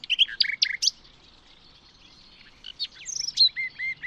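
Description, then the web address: Bird singing short bursts of sharp, high chirps and quick slurred notes, a brief quiet gap, then a run of clipped notes ending in a repeated whistled motif. "cianscape birddata Deverinetal 2025 File origin Bird Only Lu Me"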